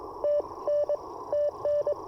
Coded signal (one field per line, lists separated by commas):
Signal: Morse code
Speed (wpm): 21 wpm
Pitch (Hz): 600 Hz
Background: none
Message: T N TN